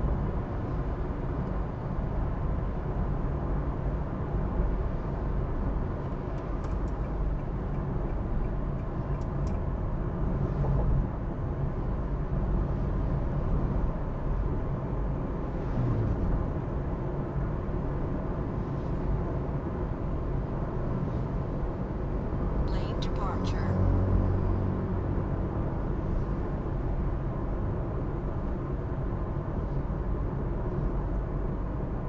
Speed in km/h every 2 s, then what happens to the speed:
75, 67, 67, 70, 63, 63, 61, 62, 64, 67, 67, 68, 67, 67, 66, 64.
0-2 brakes to 67. 6-11 slows to 61.